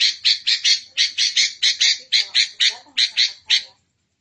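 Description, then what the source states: Songbird song of many scratchy, harsh notes repeated at a quick, slightly uneven pace, then stopping abruptly. Training song for captive songbirds to learn from.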